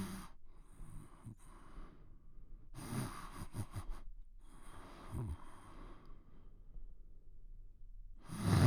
Light snores of a man sleeping.